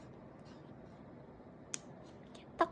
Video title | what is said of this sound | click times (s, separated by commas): [더베러라이프] 캠핑의 계절을 맞이해 신상 캠핑 캔키트를 만들어보자! - DIY, 네온사인, 공예, 네온공예, 만들기, 캔 네온사인 만들기, 산과 달 | 딱 소리가 날 때까지 연결해 주시면 되고 | 1.7 s